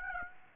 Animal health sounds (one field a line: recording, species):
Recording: mosquito wingbeat signal from an infrared sensor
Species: Aedes aegypti